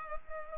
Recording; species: mosquito wingbeat signal from an infrared sensor; Culex pipiens